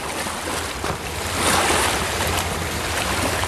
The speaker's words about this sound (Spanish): La correntada, la correntada. Trae los sonidos del río hasta vos.